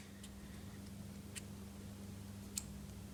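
A battery flex cable connector is handled over its logic board socket inside an opened iPhone 11 Pro during a bootloop/not-turning-on repair, with soft faint ticks over a steady low hum and a sharper brief tick near 2.6 s. Nothing has seated or clicked yet; the connector is not yet home.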